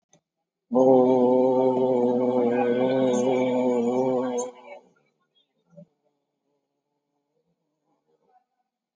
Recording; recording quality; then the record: sustained vowel as in boot; moderate, slight background noise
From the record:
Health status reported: COVID-19 positive, mild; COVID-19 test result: positive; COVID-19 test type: RT-PCR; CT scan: taken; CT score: 7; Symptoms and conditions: cough, cold, breathing difficulty, hypertension, diabetes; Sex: male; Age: 68 years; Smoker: no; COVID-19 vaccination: one dose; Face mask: worn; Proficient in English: yes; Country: India